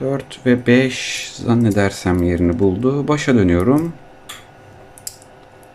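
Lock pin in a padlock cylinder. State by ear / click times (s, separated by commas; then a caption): seated / 5.1 s. Someone talks while picking a Kale padlock with a pick and tension tool, then starts over on the pins. After faint scraping, pin 1 in the padlock cylinder sets at the shear line with a sharp click at 5.1 s and is seated.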